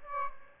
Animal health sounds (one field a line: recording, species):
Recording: mosquito wingbeat signal from an infrared sensor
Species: Aedes aegypti